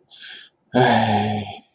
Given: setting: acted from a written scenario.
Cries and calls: vocal sound without words; triumph

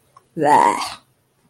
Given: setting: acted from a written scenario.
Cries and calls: vocal sound without words; disgust

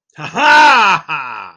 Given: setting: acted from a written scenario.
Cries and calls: vocal sound without words; triumph

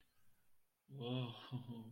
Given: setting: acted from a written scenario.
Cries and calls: vocal sound without words; romantic love

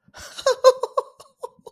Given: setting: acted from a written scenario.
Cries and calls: vocal sound without words; amusement

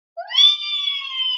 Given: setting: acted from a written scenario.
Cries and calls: vocal sound without words; elation

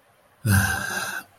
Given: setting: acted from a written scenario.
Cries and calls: vocal sound without words; serenity

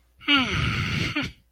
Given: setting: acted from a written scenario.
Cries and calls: vocal sound without words; serenity

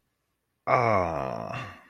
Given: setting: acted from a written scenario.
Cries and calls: vocal sound without words; romantic love

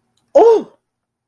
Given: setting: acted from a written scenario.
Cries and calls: vocal sound without words; fear

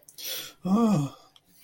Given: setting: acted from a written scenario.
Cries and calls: vocal sound without words; contempt

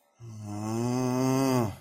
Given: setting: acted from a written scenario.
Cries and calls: vocal sound without words; anger

